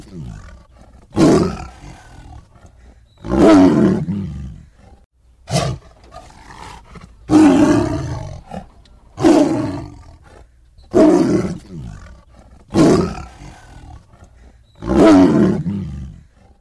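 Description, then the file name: Tiger roaring in deep, rasping bursts, several loud roars, each swelling and fading, with quiet gaps between. "tieng ho gam"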